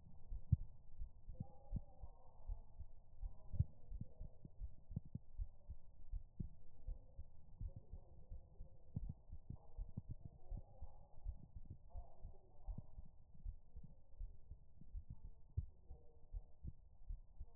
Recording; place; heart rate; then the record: heart sounds by stethoscope; pulmonary valve (PV); 81 bpm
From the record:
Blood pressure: 102/55 mmHg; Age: 34 years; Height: 164 cm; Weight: 56 kg